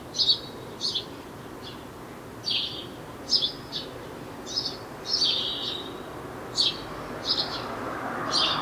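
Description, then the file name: House sparrow calls: repeated clipped chirps, spaced irregularly through the whole stretch. "Passer domesticus"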